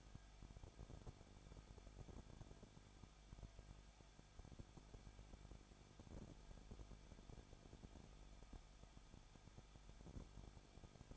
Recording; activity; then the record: daily activity, microphone in the room; no activity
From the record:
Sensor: 5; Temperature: 20.9 degrees Celsius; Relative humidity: 35.1%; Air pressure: 994.6 hPa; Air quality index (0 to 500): 153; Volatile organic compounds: 2 ppm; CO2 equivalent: 1281 ppm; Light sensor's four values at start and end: 2/3/1/1 and 2/3/1/1